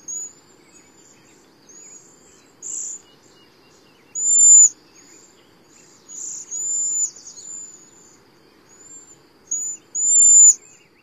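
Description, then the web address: Cedar Waxwing calls: thin, very high, lisping seee notes, some faintly trilled, given singly in a loose series with short gaps, over a quiet background. "Songs of Birds of North America Stokes. Cedar Waxwing"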